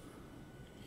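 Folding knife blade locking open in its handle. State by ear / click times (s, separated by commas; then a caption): not seated / none. An Extrema Ratio RAO Desert Warfare folding knife is handled as its blade is opened again toward locking open in its handle with a spring lock. Only a steady, low background hum is heard, with no sharp sounds. The clip ends before the lock goes home, so nothing has seated or clicked yet.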